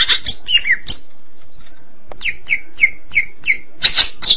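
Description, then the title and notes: Greater green leafbird: cucak ijo song with sharp downslurred notes, a steady series of five short whistled notes about every third of a second, then loud rich chattering phrases. "Suara Kicauan Burung Cucak Ijo Durasi Panjang"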